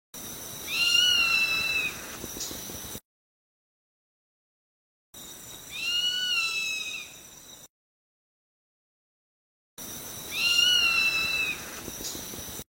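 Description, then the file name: Zone-tailed hawk screams: three drawn-out, slightly arched whistled cries, each fading at the end, over steady hiss and separated by silent gaps. "Canto do gaviao urubu"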